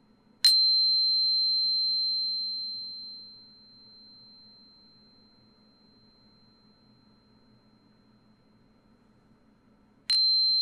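A tuning fork is struck just after the start, giving a sharp click and then a pure, high 4096 Hz tone that fades slowly and is nearly gone by about five seconds. A second strike comes near the ten-second mark. A faint low hum lies underneath.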